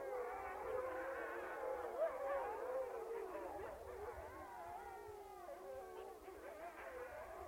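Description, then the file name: Italian wolf pack in a howling chorus of many overlapping quavering and sliding howls. Apennine wolf pack (Canis lupus italicus) howling together. "ululato branco lupo appenninico canis lupus italicus"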